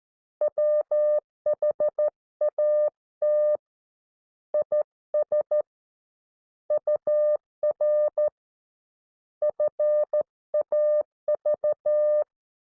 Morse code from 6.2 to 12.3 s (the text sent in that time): UR FAV